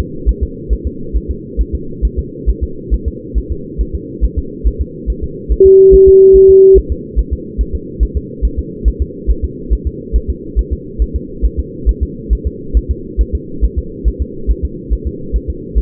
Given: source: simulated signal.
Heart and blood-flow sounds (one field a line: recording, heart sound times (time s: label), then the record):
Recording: fetal heart sounds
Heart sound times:
0.00 s: S2
0.29 s: S1
0.43 s: S2
0.73 s: S1
0.87 s: S2
1.16 s: S1
1.30 s: S2
1.61 s: S1
1.75 s: S2
2.05 s: S1
2.19 s: S2
2.49 s: S1
2.63 s: S2
2.94 s: S1
3.08 s: S2
3.38 s: S1
3.52 s: S2
3.81 s: S1
3.95 s: S2
4.24 s: S1
4.38 s: S2
4.67 s: S1
4.81 s: S2
5.10 s: S1
5.24 s: S2
5.52 s: S1
5.66 s: S2
5.94 s: S1
6.08 s: S2
6.36 s: S1
6.50 s: S2
6.78 s: S1
6.92 s: S2
7.19 s: S1
7.33 s: S2
7.61 s: S1
7.75 s: S2
8.03 s: S1
8.17 s: S2
8.45 s: S1
8.59 s: S2
8.88 s: S1
9.02 s: S2
9.30 s: S1
9.44 s: S2
9.73 s: S1
9.87 s: S2
10.16 s: S1
10.30 s: S2
10.59 s: S1
10.73 s: S2
11.02 s: S1
11.16 s: S2
11.45 s: S1
11.59 s: S2
11.89 s: S1
12.03 s: S2
12.33 s: S1
12.47 s: S2
12.77 s: S1
12.91 s: S2
13.21 s: S1
13.35 s: S2
13.64 s: S1
13.78 s: S2
14.08 s: S1
14.22 s: S2
14.51 s: S1
14.65 s: S2
14.93 s: S1
15.07 s: S2
15.36 s: S1
15.50 s: S2
15.78 s: S1
From the record:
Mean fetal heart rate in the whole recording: 140 bpm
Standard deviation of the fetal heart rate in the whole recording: 2 bpm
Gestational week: 34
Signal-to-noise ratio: -4.3 dB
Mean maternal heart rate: 72 bpm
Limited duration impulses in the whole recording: present